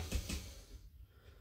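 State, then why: Not seated. A model boxcar's knuckle coupler is pushed against another car's coupler. Two soft, breathy bursts of noise come at about 0.15 and 0.3 seconds over a low rumble, then fade to quiet. The knuckles meet, but nothing has clicked or latched yet.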